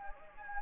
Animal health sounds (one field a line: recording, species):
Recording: mosquito wingbeat signal from an infrared sensor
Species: Anopheles gambiae